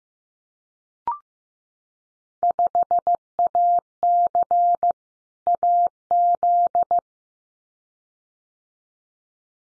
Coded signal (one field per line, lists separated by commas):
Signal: Morse code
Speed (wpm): 15 wpm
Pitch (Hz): 700 Hz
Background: none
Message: 5AC AZ